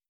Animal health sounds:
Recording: hydrophone in a shrimp aquaculture tank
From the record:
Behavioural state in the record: starved

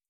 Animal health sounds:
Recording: hydrophone in a shrimp aquaculture tank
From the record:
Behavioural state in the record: starved

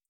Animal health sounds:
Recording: hydrophone in a shrimp aquaculture tank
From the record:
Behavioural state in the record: feeding

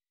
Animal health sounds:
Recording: hydrophone in a shrimp aquaculture tank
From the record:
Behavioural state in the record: weakened

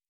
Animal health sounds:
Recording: hydrophone in a shrimp aquaculture tank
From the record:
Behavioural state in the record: normal

